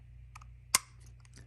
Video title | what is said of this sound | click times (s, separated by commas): How to remove and insert the battery in a dji mini 2 drone | Kind of pop that up, and when you push it, you're gonna hear it click. | 0.8 s